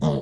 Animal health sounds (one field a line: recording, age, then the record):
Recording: pig call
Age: piglet (1 to 25 days)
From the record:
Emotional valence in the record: negative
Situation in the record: long isolation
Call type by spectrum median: low-frequency call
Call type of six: low-frequency stable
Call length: 0.22 s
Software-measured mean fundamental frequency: 52 Hz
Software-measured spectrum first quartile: 171 Hz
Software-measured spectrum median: 293 Hz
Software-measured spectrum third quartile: 633 Hz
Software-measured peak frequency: 161 Hz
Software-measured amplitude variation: 89 dB a second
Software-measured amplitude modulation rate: 11.2 a second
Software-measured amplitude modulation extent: 8.0 dB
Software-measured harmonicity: 0.3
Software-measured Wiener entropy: -0.80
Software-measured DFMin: 1041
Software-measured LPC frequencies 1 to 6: 431, 3235, 3599, 4366, 5729, 6460 Hz